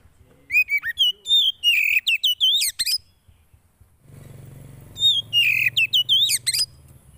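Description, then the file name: Oriental magpie-robin song, two long phrases of varied whistles, slurred rising notes and harsh chips, with a low hum during the second. Song played to provoke a caged Oriental magpie-robin into an excited response. "Burung kacer anda langsung emosi dengar ini"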